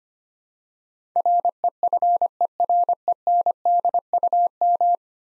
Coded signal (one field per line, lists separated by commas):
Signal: Morse code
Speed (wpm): 25 wpm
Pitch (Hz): 700 Hz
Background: none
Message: REFERENDUM